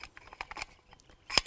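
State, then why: Seated. A 9mm magazine well block is set onto a rifle lower receiver and pushed until it locks into place. Light taps and scraping sounds come first, then a loud sharp click at 1.4 s and a second click at 1.5 s as the block seats.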